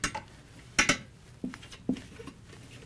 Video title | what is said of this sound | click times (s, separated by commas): Disassembly and Reassembly of the EcoBlue™ Technology Vane Axial Fan | you should hear them snap through the vein and then | 0.0 s, 0.8 s